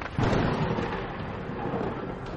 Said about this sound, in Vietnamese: Trong lúc kịch liệt quay cuồng, một tiếng sấm kinh thiên động địa đột nhiên nổ tung giữa mây mù phía trên.